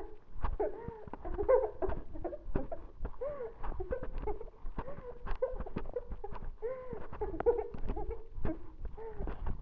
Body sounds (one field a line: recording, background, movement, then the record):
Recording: laughter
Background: quiet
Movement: walking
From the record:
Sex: female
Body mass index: 18.8 kg/m2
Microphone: on the chest, facing the body